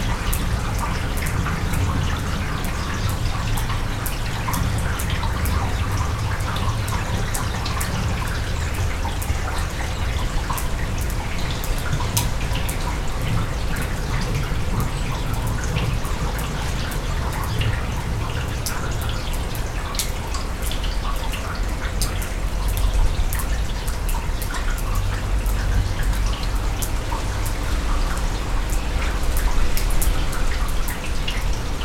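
Hail clatters down in a dense, steady patter of sharp ticks and taps, with no letup across the half minute. Bright individual strikes stand out over a constant low rumble.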